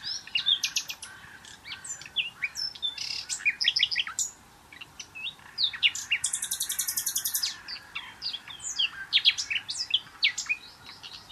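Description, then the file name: Common nightingale song, a rich varied run of sharp whistles, clicks and fast rattling trills, with a long buzzy repeated phrase near the middle and brief pauses between phrases. "Luscinia megarhynchos"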